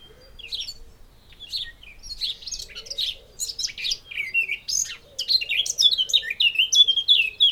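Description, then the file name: Eurasian blackcap song, a chattering warble that grows louder and ends in clearer whistled phrases. "Sylvia atricapilla"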